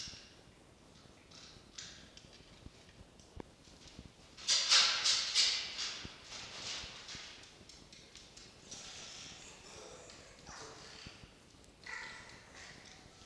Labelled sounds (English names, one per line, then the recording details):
Red Fox
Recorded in captivity
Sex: pair
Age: adult
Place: Zoologisches Institut der HUB, Berlin, DE
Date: 1953-01-09 17:35
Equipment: Elmetra
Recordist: Tembrock, Günter